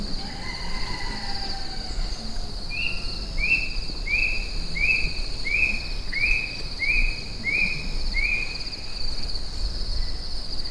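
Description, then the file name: Bird giving a run of brief rising notes at a steady pace, preceded by a fainter, lower falling whistle, with continuous insect buzzing behind. Unidentified bird, Kitanglad Lodge, Philippines, 18 March 2012. "Indet Kitanglad Lodge 18 Mar 2012"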